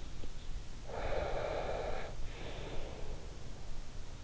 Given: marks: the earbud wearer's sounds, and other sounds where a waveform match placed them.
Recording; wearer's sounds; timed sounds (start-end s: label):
sounds in sleep by an in-ear microphone; breath
0.93-3.56 s: breath